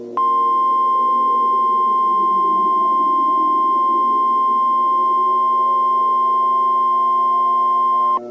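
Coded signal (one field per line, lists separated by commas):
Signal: Emergency Alert System (SAME) tones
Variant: 1050 Hz attention tone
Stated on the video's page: Mock EAS alert, simulated, for the Roblox storm chasing game Helicity, set in a fictitious state.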